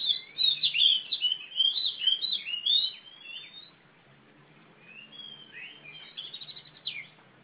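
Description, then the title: Oriental magpie-robin song: a dense, rapid run of varied whistled and chattering notes for the first few seconds, then softer, sparser phrases with faint background hum. Female competition bird from East Java, national first-place champion; described as gacor (singing constantly), tarung (fighting) type, black (hitam), poci. "Kacer Juara 1 Nasional gacor kacer juara nasional jawa timur kacer tarung betina poci gacor hitam"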